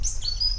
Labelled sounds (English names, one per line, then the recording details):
Stitchbird song
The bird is a male
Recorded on Tiritiri Matangi Island, New Zealand, in 2005
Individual 19, of nest box 27